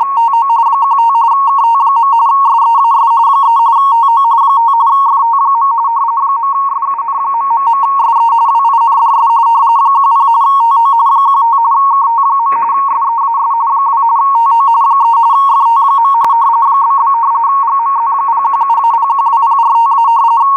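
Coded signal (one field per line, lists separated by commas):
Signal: RTTY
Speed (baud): 45.45 baud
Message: TO 15 KT. SEAS 3 TO 5 FT. .SUN...SE WINDS 10 TO 15 KT. SEAS 2 TO 3 FT. ?? GMZ017-012045-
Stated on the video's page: WLO weather broadcast in RTTY on 8472 kHz USB, received in Tampa, Florida, on a Winradio Excalibur Pro.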